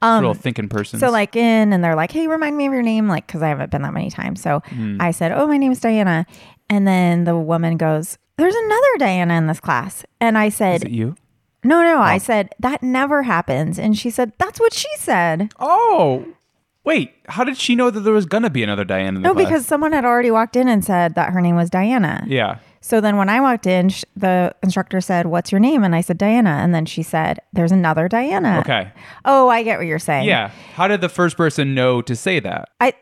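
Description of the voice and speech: A woman tells a short anecdote in fluent, conversational speech at an ordinary pace with lively pitch. A second voice briefly interjects with questions. Her voice is clear and steady, and there are no repetitions, blocks or slurring: typical adult speech.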